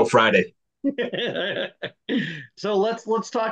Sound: laugh